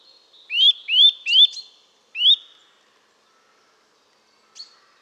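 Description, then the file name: Eurasian nuthatch giving three rapid upslurred whistled notes and a fourth after a pause, then quiet apart from one faint high note. "Sitta europaea"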